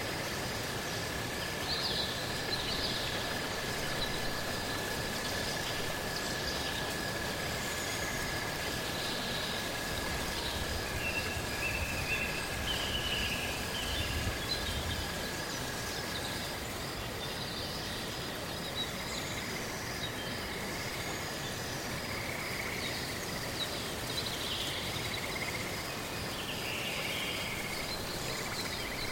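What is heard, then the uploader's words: Rain patters steadily and densely on fallen leaves, a constant fine crackle that holds level for the whole clip. A thin steady insect tone runs through the first half, and soft bright chiming shimmers drift in and out above the rain. The enchanting forest at night is beautiful, with raindrops falling on the fallen leaves, cicadas and wind chimes.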